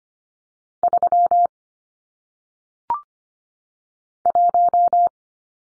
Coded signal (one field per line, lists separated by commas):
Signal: Morse code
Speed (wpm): 25 wpm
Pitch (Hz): 700 Hz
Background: none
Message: 3 1